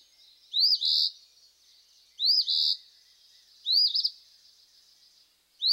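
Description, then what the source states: Eastern Phoebe song: several harsh, burry two-part phrases, each a rough upslurred note then a buzzy one, repeated about every one and a half to two seconds. Male; harsh song that sounds out its name, at times like 'feebly'.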